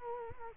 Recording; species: mosquito wingbeat signal from an infrared sensor; Culex quinquefasciatus